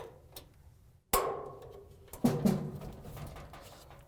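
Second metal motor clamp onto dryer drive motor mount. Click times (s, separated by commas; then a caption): 1.1 s. The second metal motor clamp is hooked on and pushed down over the drive motor mount of a Samsung dryer drive motor DC31-00055G, giving one loud, sharp snap at 1.1 s that rings briefly before fading. Further clatter follows around 2.2 to 2.5 s. The clamp snaps into place, both clamps are on, and the motor is secure.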